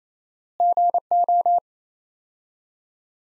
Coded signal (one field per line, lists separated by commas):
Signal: Morse code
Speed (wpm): 28 wpm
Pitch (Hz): 700 Hz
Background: none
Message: GO